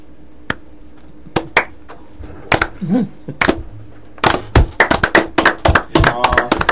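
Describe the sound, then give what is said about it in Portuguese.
Scattered hand claps begin sparsely, a few sharp isolated smacks, then build into a quicker, denser burst of clapping from a small group, with a brief murmur of voices in the middle, applauding the effort behind a joke told on a talk programme. “Não, as palmas foram pelo esforço.”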